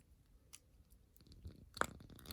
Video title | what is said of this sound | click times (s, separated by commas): Star Wars Black Series Chewbacca & C-3PO Empire Strikes Back Amazon Exclusive Action Figure Review | I just heard a little clicking noise I don't know if that's the right side of his armor on but | 1.8 s